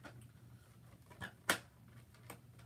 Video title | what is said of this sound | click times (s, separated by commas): Building The Conquest Of Cobra Mountain | And I'm pretty sure these just click into place. | 1.5 s